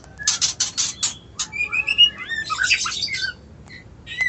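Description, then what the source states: White-eye song: a rapid run of high chirps and clicks, then sliding whistled notes and a jumbled twittering burst, ending with a few scattered short notes. Song style called ngerol ngalas.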